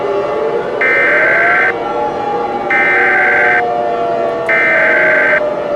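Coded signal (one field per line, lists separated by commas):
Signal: Emergency Alert System (SAME) tones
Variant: header bursts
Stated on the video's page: Fictional alert scenario made with iMovie, using valid tones.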